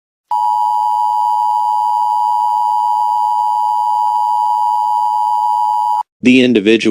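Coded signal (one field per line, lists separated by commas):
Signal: Emergency Alert System (SAME) tones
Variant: 853 and 960 Hz attention tone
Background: speech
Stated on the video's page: Fictional scenario alert about a serial killer.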